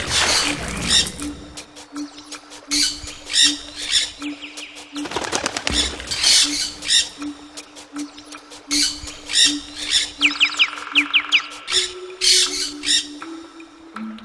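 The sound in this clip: Bird calls: harsh, raspy squawks repeated irregularly, with brief chirps and a fast rising trill near the end, over a low steady hum.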